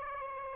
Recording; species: mosquito wingbeat signal from an infrared sensor; Aedes aegypti